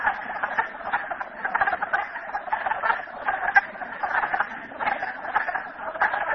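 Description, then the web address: Frogs in a dense chorus, many overlapping clucking, croaking calls forming a continuous rattling din with pulses rising and falling in loudness. Frogs recorded at Merryspring. "audio frogs merryspring 42008"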